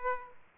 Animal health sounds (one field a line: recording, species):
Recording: mosquito wingbeat signal from an infrared sensor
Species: Aedes aegypti